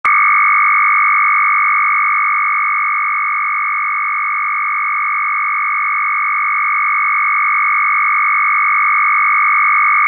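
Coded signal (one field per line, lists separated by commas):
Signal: RTTY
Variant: Russian, 1000 Hz shift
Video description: Russian RTTY FSK 1000Hz mark and space separation.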